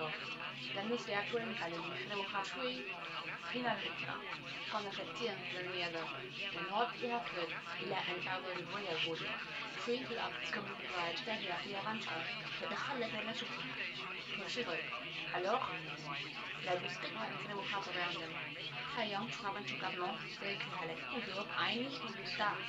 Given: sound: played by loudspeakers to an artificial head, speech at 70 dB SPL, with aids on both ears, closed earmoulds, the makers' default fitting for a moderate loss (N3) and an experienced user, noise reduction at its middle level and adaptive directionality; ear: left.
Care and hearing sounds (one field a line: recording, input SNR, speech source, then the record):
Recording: speech test signal (ISTS) in cocktail-party noise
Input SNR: +3 dB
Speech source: on the right (90 degrees)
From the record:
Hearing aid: class 1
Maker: F